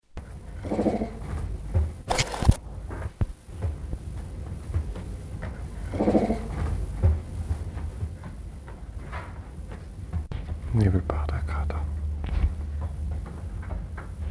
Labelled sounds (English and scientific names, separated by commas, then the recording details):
Clouded Leopard (Neofelis nebulosa) call
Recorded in captivity
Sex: male
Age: adult
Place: Tierpark Berlin, Berlin, DE
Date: 1962-03-10 14:00
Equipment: Minifon, Kopie Smaragd
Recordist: Tembrock, Günter